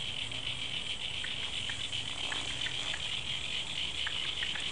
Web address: 2011 02 field recording frogs after rain